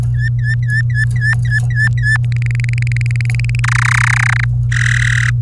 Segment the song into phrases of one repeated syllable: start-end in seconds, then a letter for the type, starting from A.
0.14-2.17 A, 2.32-3.60 B, 3.64-4.44 C, 4.72-5.30 D